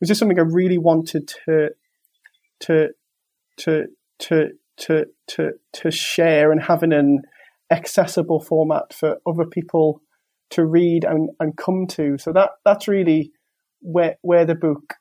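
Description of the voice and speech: Adult man, a doctor who stammers, speaking with six rapid repetitions of "to" and a repeated "wh-", plus pauses: stuttering (stammering), which for him has long been tied to shame, stigma and loneliness.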